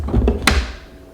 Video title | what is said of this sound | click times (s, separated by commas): Jocuu Slow Masticating Juicer Review - Soft/Hard Modes Easy to Clean Quiet Motor | you can hear that click it does have this little safety button right here that you cannot physically remove this without pushing down on this little button and unlocking it | 0.5 s